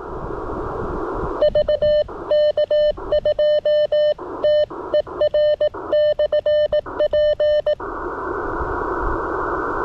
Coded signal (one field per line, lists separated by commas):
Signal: Morse code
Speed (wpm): 18 wpm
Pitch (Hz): 600 Hz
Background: none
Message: VK2TER/P